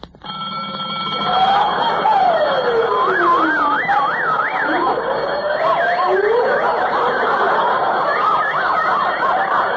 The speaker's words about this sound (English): Got to turn off the alarm.